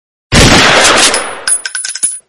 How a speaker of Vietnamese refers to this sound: Tiếng súng vừa vang lên, bắn trúng vào chiếc cốc thủy tinh trên mặt bàn.